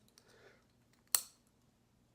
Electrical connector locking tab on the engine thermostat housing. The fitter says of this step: You gotta just pull it back till it clicks, okay?